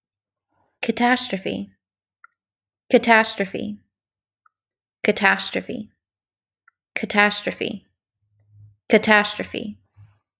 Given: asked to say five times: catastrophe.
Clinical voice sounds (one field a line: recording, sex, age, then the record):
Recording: repeated word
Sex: female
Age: 20 to 29 years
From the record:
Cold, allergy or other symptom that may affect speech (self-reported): no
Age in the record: 25 years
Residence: Texas, United States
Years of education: 16